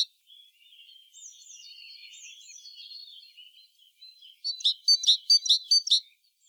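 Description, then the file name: Great tit with faint, high wavering twitters, followed by a short burst of several rasping, buzzy notes in quick succession. "Parus major"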